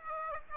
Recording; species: mosquito wingbeat signal from an infrared sensor; Aedes aegypti